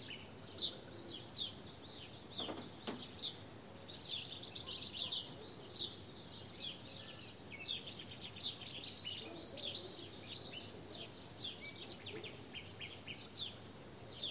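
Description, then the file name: European goldfinch giving bright twittering notes in loose bursts, quieter at first and then fuller from about four seconds on, with a low steady hiss beneath. "Carduelis carduelis"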